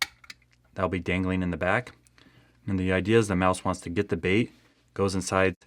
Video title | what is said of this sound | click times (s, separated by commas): Vintage Clean-Catch Mousetrap. Mousetrap Monday | attached to the plastic that kill bar it goes up and down to set it you pull the plastic tail clicks into place that'll | 0.0 s